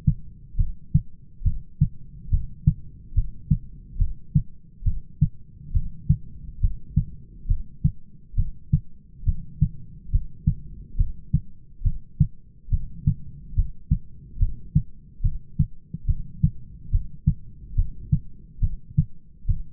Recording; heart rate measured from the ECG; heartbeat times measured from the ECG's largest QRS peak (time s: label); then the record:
heart sounds by stethoscope; 70 bpm
0.58 s: heartbeat
1.45 s: heartbeat
2.32 s: heartbeat
3.16 s: heartbeat
3.99 s: heartbeat
4.86 s: heartbeat
5.74 s: heartbeat
6.62 s: heartbeat
7.49 s: heartbeat
8.37 s: heartbeat
9.27 s: heartbeat
10.13 s: heartbeat
10.98 s: heartbeat
11.85 s: heartbeat
12.72 s: heartbeat
13.57 s: heartbeat
14.40 s: heartbeat
15.24 s: heartbeat
16.08 s: heartbeat
16.92 s: heartbeat
17.77 s: heartbeat
18.62 s: heartbeat
19.49 s: heartbeat
From the record:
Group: heart failure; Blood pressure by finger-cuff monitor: 138/100 mmHg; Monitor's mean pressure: 114 mmHg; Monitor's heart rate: 70 bpm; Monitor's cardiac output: 6.2 L/min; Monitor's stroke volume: 89 mL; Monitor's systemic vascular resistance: 1370 dyn s/cm5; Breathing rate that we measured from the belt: 17 breaths a minute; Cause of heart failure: idiopathic cardiomyopathy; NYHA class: 1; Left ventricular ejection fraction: 50%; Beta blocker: bisoprolol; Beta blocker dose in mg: 5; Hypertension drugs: candesartan, spironolactone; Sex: male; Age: 54 years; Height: 180 cm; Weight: 94.6 kg